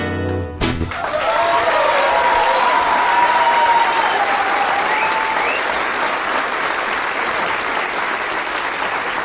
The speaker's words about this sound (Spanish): Todo tema con aplauso, ¿vio? Sí, sí, lindo, porque es como. ¿También es muy aplaudidor? El público tanguero requiere algo de silencio.